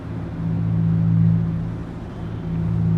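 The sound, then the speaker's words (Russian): Steady city street ambience carries a low, humming engine rumble that swells as a car passes, then eases off before a second rise. No one speaks. “Город. Масуд, покачиваясь, ковыляет по улице.”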